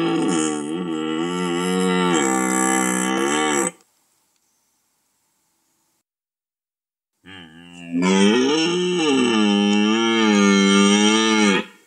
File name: gímszarvas